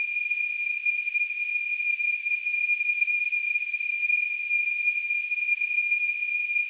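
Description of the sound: A steady, unbroken high-pitched ringing tone with a soft hiss around it holds for the full seven seconds. It is a simulation of tinnitus, the ringing in the ears heard with no outside source.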